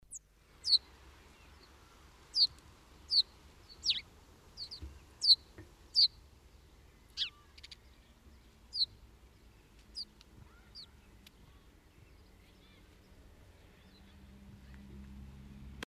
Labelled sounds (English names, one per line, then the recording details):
House Sparrow song
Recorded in the wild
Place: Kaiserslautern, Rheinland-Pfalz, DE
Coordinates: 49.4247, 7.77889
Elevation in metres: 279
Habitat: garden
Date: 1975-05-08
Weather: sonnig, warm
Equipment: Nagra IV
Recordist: Tretzel, Erwin
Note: Garten, Kaiserslautern: Gesang